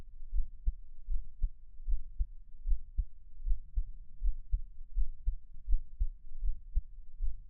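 Steady, evenly spaced low thumps at about 78 beats a minute: a normal adult heartbeat, heard up close as Taiwanese ASMR.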